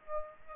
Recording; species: mosquito wingbeat signal from an infrared sensor; Aedes aegypti